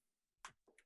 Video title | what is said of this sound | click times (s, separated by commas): Canon R5 R5ii Tutorial & R6 Tutorial Training Overview - Free Users Guide | and rotate it until it clicks so | 0.4 s